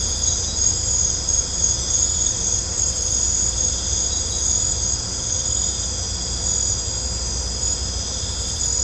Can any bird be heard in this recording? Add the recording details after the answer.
no. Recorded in pastures near Puerto Asís, Putumayo, Colombia, on 16 December 2024 at 21:00. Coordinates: 0.502, -76.324. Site G077